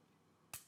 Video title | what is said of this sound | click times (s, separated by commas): Springfield XDS-9, Field Strip Friday | We're gonna release that trigger very slowly until we hear and feel that click. | 0.5 s